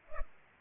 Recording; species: mosquito wingbeat signal from an infrared sensor; Culex pipiens